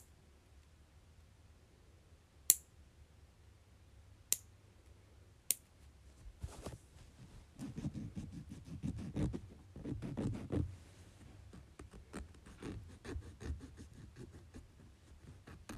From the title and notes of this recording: ASMR Cutting and Filing my Nails.